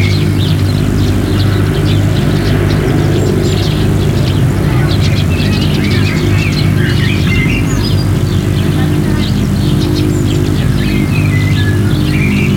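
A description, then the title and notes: Birds chirp and call in the countryside, short bright notes scattered densely across the whole stretch with no pause. Underneath runs a steady low rumble like a vehicle or engine, constant in level and never fading out. Made in spring this year in rural franconia, germany. Features a cacophony of birds and countryside sounds. Played back within my little 100hp eurorack system, i created dense layers of synth soundscapes and drones on top of the prominently featured bird songs.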